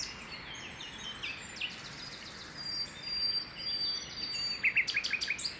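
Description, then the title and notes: Common nightingale delivering thin whistles followed by a rapid run of repeated staccato notes, high-pitched, with continuous soft background noise. Early morning song in parc de Loire, Saint-Jean-le-Blanc, France; recorded in stereo on a Zoom H2n with Clippy EM272 microphones. "Saint-Jean-le-Blanc, France - Rossignol philomèle matinal au parc de Loire. Tôt le matin, au parc de Loire, chant du rossignol philomèle, sur fond de grenouilles lointaines. Enregistré au Zoom H2n avec microphones Clippy EM272 stéréo"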